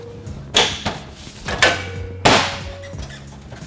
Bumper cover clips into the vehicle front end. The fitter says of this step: once everything is all lined up you could just go ahead give us some pressure so that all the clips lock into place